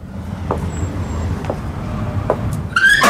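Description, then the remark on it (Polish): The squeaky door of a club café in Mokotów creaks open at the end with a short, high, wavering squeal, after a few soft knocks over a steady low rumble of background noise. “Nie potrzeba było dzwonka nigdy tutaj, bo zawsze było wiadomo, kiedy ktoś wchodzi.”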